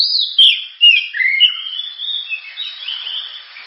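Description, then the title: Oriental magpie-robin song, a quick run of varied whistled and chirping notes sliding between mid and high pitches, with a faint steady hiss behind. Gacor (persistently singing) song with a sharp, very loud voice, presented as a lure recording for training other birds. "Kacer Gacor Suara Tajam. Kacer Gacor Suara Super Kenceng Cocok untuk Pancingan"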